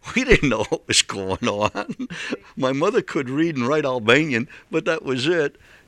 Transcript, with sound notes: We didn't know what was going on. (he laughs)
Right.
My mother could read and write Albanian, but that was it.